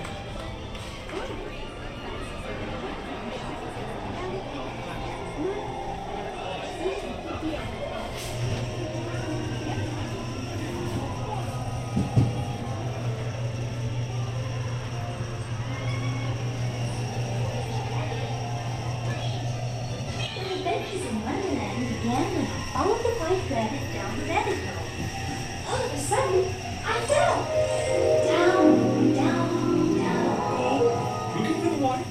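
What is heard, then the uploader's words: Busy theme park ambience with steady crowd chatter over a low mechanical hum of ride machinery, growing livelier and brighter after about twenty seconds. Alice in Wonderland Corner, Disneyland Park Binaural Recording. Alice in Wonderland corner in Fantasyland at Disneyland Park. The sounds/ambience found on both the Mad Tea Party and Alice in Wonderland attractions.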